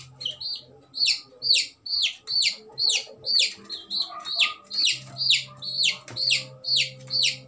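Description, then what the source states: Chick peeping: rapid, insistent high cheeps about twice a second, each sharply falling, over a soft low hum and a few faint clicks. Baby chick.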